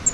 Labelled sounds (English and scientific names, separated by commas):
Grace's Warbler (Setophaga graciae) flight call